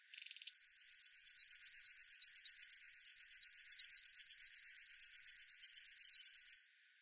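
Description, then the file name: River warbler song: a brief soft note, then a steady mechanical buzzy pulsing of rapid even strokes for about six seconds, ending abruptly. "Schlagschwirl - Locustella fluviatilis"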